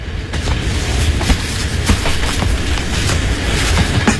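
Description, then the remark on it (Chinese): A steady low rumble of a train bound for Guangzhou rolling along the tracks, with sharp metallic clicks recurring at irregular intervals over the continuous roar, fairly loud throughout. “我跟他一起上了到广州去的火车了。”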